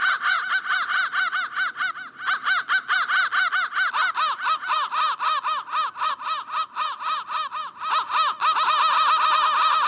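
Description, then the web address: Crow calling in a fast series of short, arched, fairly high-pitched notes, continuing for the whole stretch with hardly a pause. "soundfactory crow"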